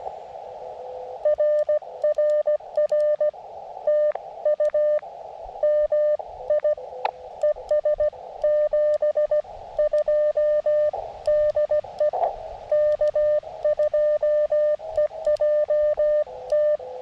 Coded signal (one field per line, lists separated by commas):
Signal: Morse code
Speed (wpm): 16 wpm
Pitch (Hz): 600 Hz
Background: none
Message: RRR TU MI ES 72 DE K2EJT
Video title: CW QRP POTA with the Elecraft KX2 and Tufteln Random Wire Antenna